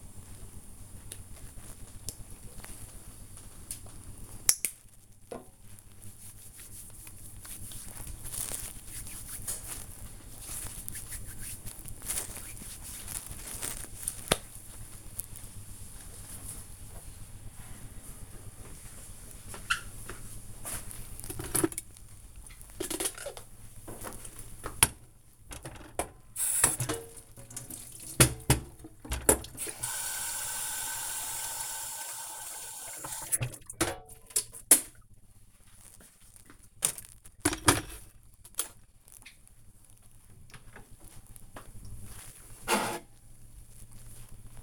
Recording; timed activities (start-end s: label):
household activities, microphone on the right wrist
0.65-14.76 s: disinfecting hands
21.81-44.63 s: making tea